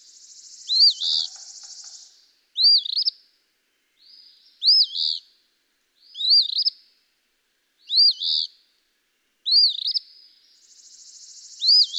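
Eastern phoebe song, a hoarse fee-bee repeated roughly every one and a half seconds, with buzzy rasping runs at the start and end and faint ticking early on.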